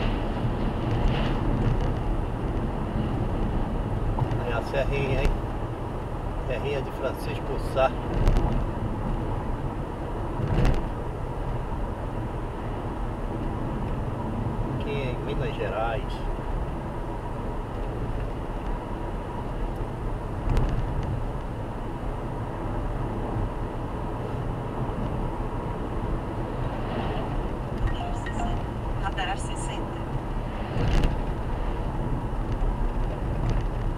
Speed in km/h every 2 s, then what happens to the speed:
87, 88, 88, 89, 90, 91, 92, 93, 93, 93, 94, 96, 97, 94, 90, 88, 85.
0-24 speeds up to 97. 24-34 slows to 85.